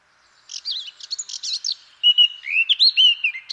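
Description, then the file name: Eurasian blackcap song that opens with quick, chattering twitters, then breaks into rich, fluting whistles. "Sylvia atricapilla"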